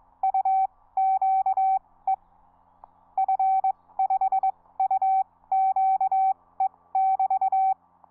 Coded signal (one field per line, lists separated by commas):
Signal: Morse code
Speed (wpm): 22 wpm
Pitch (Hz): 770 Hz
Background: none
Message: UQE F5UQE <BT>